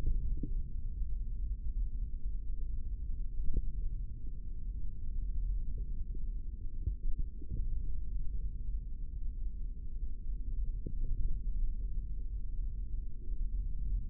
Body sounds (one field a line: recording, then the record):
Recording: forearm muscle sounds (acoustic myography)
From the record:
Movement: index flexion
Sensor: system 3, bracelet of six PUI Audio POM-2738L microphones around the upper forearm, with dedicated amplification and filtering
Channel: 4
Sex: male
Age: 25 years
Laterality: right